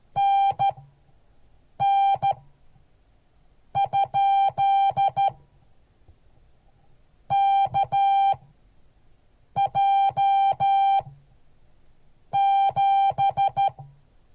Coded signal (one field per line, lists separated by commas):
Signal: Morse code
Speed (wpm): 13 wpm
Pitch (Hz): 790 Hz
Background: music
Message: NN ? KJ7